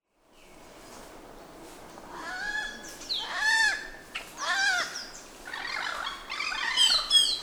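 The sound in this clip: Bird calls: a run of loud, arched, slurred notes, some rising and some falling, coming in quick irregular bursts and growing busier and louder toward the end.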